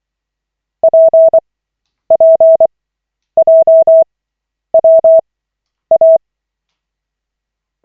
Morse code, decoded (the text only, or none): PPJWA